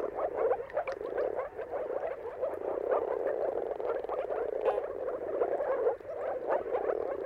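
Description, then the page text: Dense chorus of moor frogs, muffled bubbling pulses piling on one another in an unbroken gurgling wash. Moor frogs giving mating calls in a chorus at sunrise, around the turn of March and April depending on the weather. "Dawn’s Chorus: Mating Calls of Marsh Frogs at Sunrise. Depending on the weather at the turn of March and April, you can witness an amazing spectacle of moor frogs. Jakub Orzecki"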